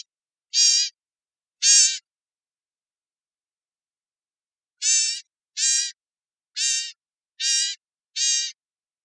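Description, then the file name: Bird giving harmonic-rich calls: two near the start, then a pause and a run of five evenly spaced notes, each lasting about a third of a second. Costa Rica. "CR BCGN CALLS"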